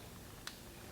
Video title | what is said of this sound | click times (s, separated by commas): Part 4/5 Chrysler FWD 3.2/3.6 Pentastar Oil Pump Replacement "By The Book" | Once you hear that audible click, tug on it a few times to make sure it's properly seated. | 0.5 s